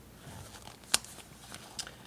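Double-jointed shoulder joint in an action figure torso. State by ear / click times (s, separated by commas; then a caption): seated / 0.9 s. The double-jointed shoulder in the torso of a 12-inch plastic Sideshow Moonraker James Bond action figure is moved forwards or backwards, with faint small ticks around it. A sharp bright snap at 0.9 s marks the shoulder seating into its detent position, followed by quieter clicks near 1.5 and 1.8 s.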